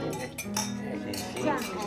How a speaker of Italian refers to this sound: Viva noi, Viva noi, questo è il brindisi di Pranzo di Ferragosto.